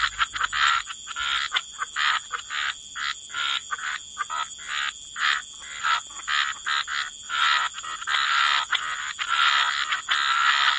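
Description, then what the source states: Frog chorus of short croaking bursts about every second, becoming denser toward the end, with a steady high-pitched hiss. Frog chorus mixed with white noise, for sleep.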